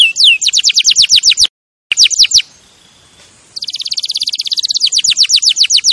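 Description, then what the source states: Canary song with quick descending sweeping notes, a short gap, a few more sweeps, a soft faint passage, then a fast buzzy trill and more sweeps. Champion canary song used as a master recording for training other birds.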